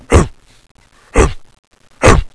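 Dog barking: three deep, short, explosive barks spaced roughly one second apart, with quiet gaps between them.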